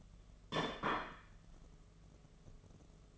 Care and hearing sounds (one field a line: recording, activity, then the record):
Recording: daily activity, microphone in the room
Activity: place plate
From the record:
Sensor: 4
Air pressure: 1015.9 hPa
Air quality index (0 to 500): 208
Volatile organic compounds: 13 ppm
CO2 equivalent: 2393 ppm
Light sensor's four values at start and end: 17/39/16/17 and 17/39/16/17